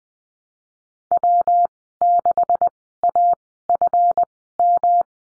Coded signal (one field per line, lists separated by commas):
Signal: Morse code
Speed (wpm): 19 wpm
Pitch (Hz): 700 Hz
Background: none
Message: W6AFM